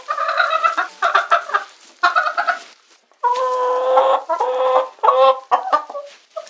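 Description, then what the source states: Chicken calls: a run of harsh clucks and squawks in short bursts, then a longer loud squawk and more broken clucking. Domestic chicken.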